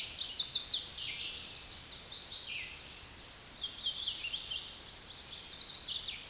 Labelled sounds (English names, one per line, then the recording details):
Hooded Warbler song
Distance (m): 55 m
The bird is about 5 m above the microphone
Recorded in a Pennsylvania forest on 16 May 2024 at 09:42
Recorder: AudioMoth, point MSD-2305
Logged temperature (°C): 16.9 °C
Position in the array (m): 28 m, 148 m